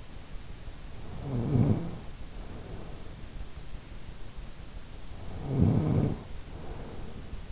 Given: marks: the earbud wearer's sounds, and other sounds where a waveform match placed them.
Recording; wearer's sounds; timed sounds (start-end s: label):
sounds in sleep by an in-ear microphone; snoring breath
1.00-3.41 s: snoring breath
5.18-7.52 s: snoring breath